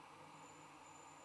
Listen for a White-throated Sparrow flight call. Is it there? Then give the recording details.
no. No flight call is heard. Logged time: 10:52 on 21 December 2014